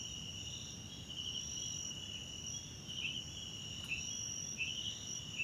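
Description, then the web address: Crickets sing a constant shrill trill, with several brief chirps standing out, above low background noise. South African crickets, background ambience recorded at night in a wetland park at Kosi Forest Lodge, South Africa. "sonniss 2018 individual Tonschliff - SOUTH AFRICAN CRICKETS BG South Africa Wetland Park Kosi Forest Lodge Night"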